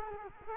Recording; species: mosquito wingbeat signal from an infrared sensor; Culex quinquefasciatus